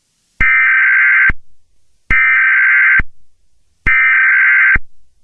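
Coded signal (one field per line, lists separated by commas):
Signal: Emergency Alert System (SAME) tones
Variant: header bursts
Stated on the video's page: Fictional EAS scenario with simulated alert tones.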